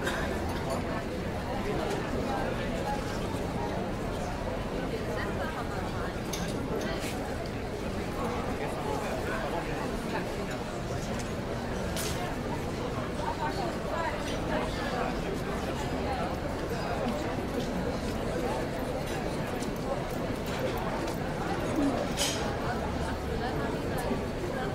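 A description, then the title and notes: Dense, steady restaurant babble of many overlapping voices, with no single speaker standing out and occasional faint clinks of dishes throughout. Restaurant Ambience Sound.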